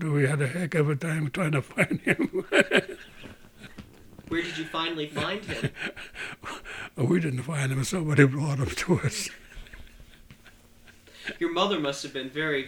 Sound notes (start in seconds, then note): 1.4 he laughs; 4.3 he laughs